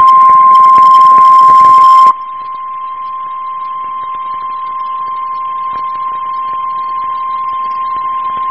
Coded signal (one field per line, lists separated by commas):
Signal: Emergency Alert System (SAME) tones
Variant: 1050 Hz attention tone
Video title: Severe Thunderstorm Warning (EAS #518)